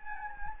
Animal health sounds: mosquito wingbeat signal from an infrared sensor; Anopheles gambiae

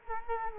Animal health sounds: mosquito wingbeat signal from an infrared sensor; Culex quinquefasciatus

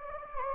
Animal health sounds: mosquito wingbeat signal from an infrared sensor; Anopheles gambiae

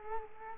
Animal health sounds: mosquito wingbeat signal from an infrared sensor; Culex quinquefasciatus

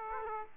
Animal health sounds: mosquito wingbeat signal from an infrared sensor; Aedes aegypti

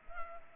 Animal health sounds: mosquito wingbeat signal from an infrared sensor; Culex pipiens

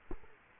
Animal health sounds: mosquito wingbeat signal from an infrared sensor; Culex quinquefasciatus

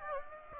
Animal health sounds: mosquito wingbeat signal from an infrared sensor; Aedes aegypti

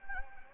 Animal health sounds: mosquito wingbeat signal from an infrared sensor; Anopheles gambiae

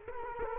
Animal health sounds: mosquito wingbeat signal from an infrared sensor; Culex quinquefasciatus

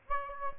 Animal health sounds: mosquito wingbeat signal from an infrared sensor; Aedes aegypti

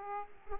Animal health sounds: mosquito wingbeat signal from an infrared sensor; Aedes aegypti

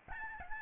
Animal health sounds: mosquito wingbeat signal from an infrared sensor; Aedes albopictus

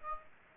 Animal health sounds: mosquito wingbeat signal from an infrared sensor; Aedes aegypti

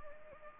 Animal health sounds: mosquito wingbeat signal from an infrared sensor; Anopheles gambiae

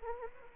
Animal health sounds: mosquito wingbeat signal from an infrared sensor; Anopheles arabiensis

